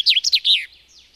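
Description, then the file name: Common chaffinch song fragment: a few quick slurred notes falling in pitch, ending in a short flourish, then a faint thin note. "erdei pinty"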